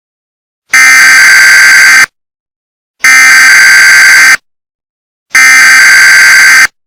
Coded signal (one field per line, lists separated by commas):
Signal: Emergency Alert System (SAME) tones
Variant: header bursts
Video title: EAS Scenario: Supernatural Havoc